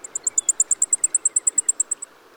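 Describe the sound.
Blackpoll Warbler song: a very high, thin series of about nineteen rapid even ticking notes, fairly steady in loudness and then fading, over soft background hiss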